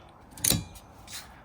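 A new wiper blade is slid onto a metal windscreen wiper arm and pushed home, with care taken that the arm does not hit the glass windscreen. A soft sound at 0.4 s is followed by a sharp, short click at 0.5 s as the blade locks on, then a faint rustle around 1.2 s. The blade is seated on the arm.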